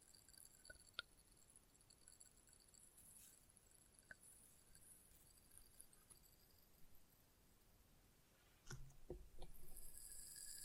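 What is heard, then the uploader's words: Test tube triggers start with a quiet, hissy stretch broken by a few small, sharp taps near the start and around four seconds. From about nine seconds, louder squishing and rustling handling sounds arrive in uneven bursts, with a bright fizzing hiss at the end. ASMR Experimental Triggers in Test Tubes (No Talking).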